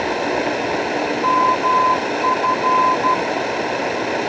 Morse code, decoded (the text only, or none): MF